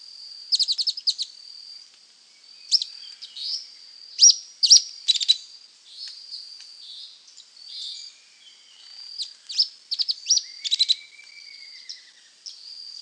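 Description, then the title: Grey elaenia calling with high, sharp chip notes in short stuttering bursts, some rapid series, over a steady high insect-like whine. Nominate subspecies caniceps. "LuckyPassaro Completos2Sama. Grey Elaenia (Myiopagis caniceps caniceps)"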